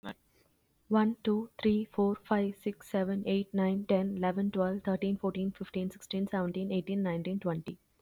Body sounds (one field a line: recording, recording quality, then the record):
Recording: counting at a fast pace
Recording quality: excellent, no background noise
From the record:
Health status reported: healthy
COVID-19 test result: negative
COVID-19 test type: RT-PCR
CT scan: not taken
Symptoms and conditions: none ticked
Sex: female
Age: 30 years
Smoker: no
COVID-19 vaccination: one dose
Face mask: not worn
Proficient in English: yes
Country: India